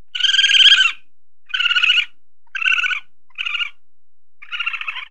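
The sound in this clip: Raccoon chitters: a long buzzy pulsed burst followed by four shorter rattling bursts, each separated by a short gap.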